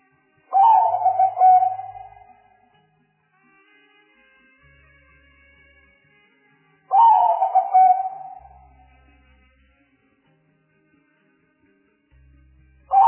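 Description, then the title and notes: Spotted dove calls: two full low, mellow cooing phrases about six seconds apart and a third cut off at the end, each opening with a burst and fading into a drawn-out, slightly falling tone, with quiet low hum between. Lure calls for catching birds; a collection of the most effective spotted dove calls. "Pikat Burung Tekukur Paling Ampuh. Kumpulan suara burung tekukur paling ampuh"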